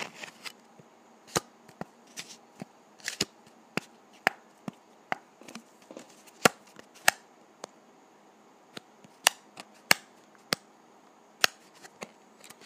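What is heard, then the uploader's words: Dry putty being worked makes sharp, crisp clicks and snaps, scattered irregularly about once or twice a second, some coming in quick clusters. Between them runs a quiet, soft crackling bed, with a faint steady high tone throughout. ASMR Dry Putty.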